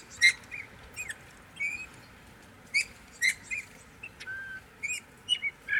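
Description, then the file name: Eurasian bullfinch: soft whistled calls repeated irregularly over several seconds. "Pyrrhula pyrrhula"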